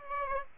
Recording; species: mosquito wingbeat signal from an infrared sensor; Aedes aegypti